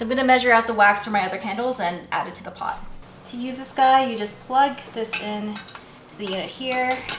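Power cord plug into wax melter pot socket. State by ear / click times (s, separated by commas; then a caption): not seated / none. Someone talks while handling a detachable power cord plug at the socket of a wax melter pot, with soft clinks of pots and utensils in the background. The plug is meant to click into the unit's socket, but nothing has seated or clicked yet by the end of the clip.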